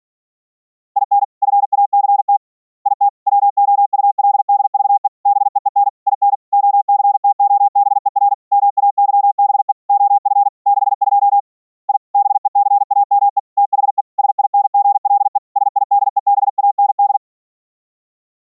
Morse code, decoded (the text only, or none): IN FACT IT WOULDVE BEEN IN OCTOBER MAYBE OF 62 I BECAME THE SINGLE SIDEBAND